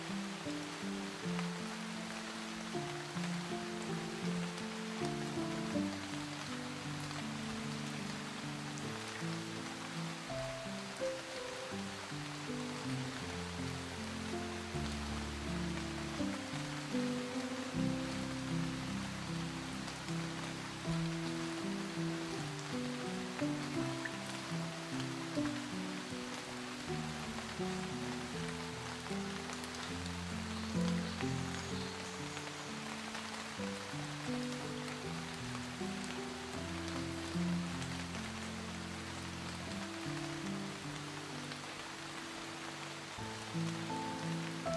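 Gentle rain patters steadily on leaves, a dense, even hiss that holds level throughout. Beneath it, soft, slow music plays low, sustained tones shifting every few seconds in a calm, unhurried melody. Nothing stands out from the smooth, continuous blend.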